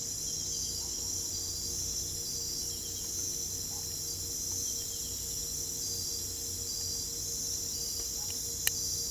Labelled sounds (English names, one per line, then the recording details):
none
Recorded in pastures near Puerto Asís, Putumayo, Colombia, on 22 December 2024 at 02:30
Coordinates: 0.487, -76.322
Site GP09